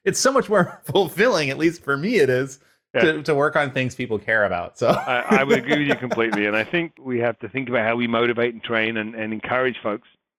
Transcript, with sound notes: It’s so much more fulfilling, at least for me it is, to work on things people care about. So. [laugh]
I would agree with you completely. And I think we have to think about how we motivate, and train, and encourage folks.